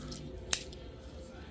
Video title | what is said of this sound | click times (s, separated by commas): Transformers Hearts of Steel Optimus Prime / Starscream steampunk 2-pack - Transformers Tuesdays | Clicking that into place. | 0.5 s